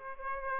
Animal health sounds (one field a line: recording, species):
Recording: mosquito wingbeat signal from an infrared sensor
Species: Aedes aegypti